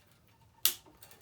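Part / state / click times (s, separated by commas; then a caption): racquet string in frame grommet / seated / 0.7 s. While stringing a Head Pro Tour 630 tennis racquet, the string is pulled through a plastic grommet at the head of the frame and snaps in with a sharp, bright click at 0.6 s that quickly fades, followed by a few fainter ticks. The string seats in the grommet, and the click comes from the way the grommets are made on these Head racquets, the same grommets used on all Head Prestiges.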